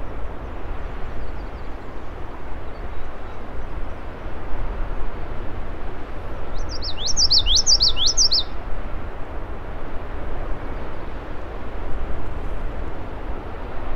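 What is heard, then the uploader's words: A Common Yellowthroat sings one bright, rolling phrase of quick repeated notes from about 6.5 to 8.5 seconds. The rest is a steady low rumble, like traffic or wind, that fills the whole recording. Common Yellowthroat at Blueberry Hill, Schoodic Div., Acadia National Park at 7:04am. Fostex FR2 recorder, Sennheiser ME66 short shotgun mic.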